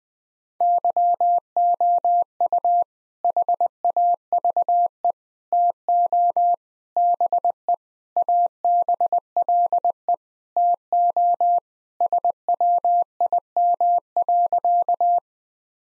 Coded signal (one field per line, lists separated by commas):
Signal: Morse code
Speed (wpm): 20 wpm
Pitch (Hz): 700 Hz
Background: none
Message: YOU HAVE TO BE ABLE TO SWIM.